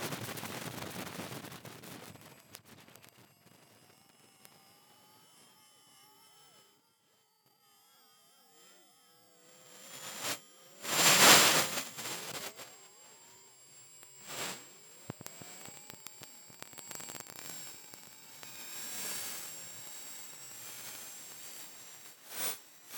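A recording from high in the stratosphere: faint wavering whistles and drifting tones slide over a thin hiss, falling nearly silent around six to nine seconds. A loud rushing burst hits near eleven seconds, followed by gusty swells and a thin, steady high whine.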